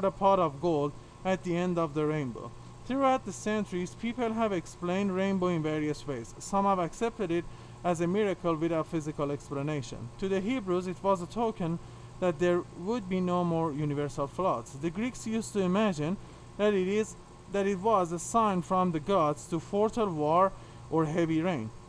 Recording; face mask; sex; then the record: reading aloud; surgical mask; male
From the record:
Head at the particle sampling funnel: tilted down, bridge of the nose in front of it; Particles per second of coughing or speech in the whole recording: 2.92